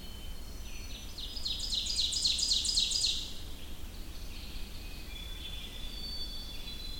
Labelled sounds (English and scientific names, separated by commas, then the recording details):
Ovenbird (Seiurus aurocapilla) song
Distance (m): 35 m
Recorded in boreal forest in Alberta, Canada, on 25 June 2016 at 06:33
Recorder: SongMeter 3, array SBT-6-76
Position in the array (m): 34 m, 104 m
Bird 2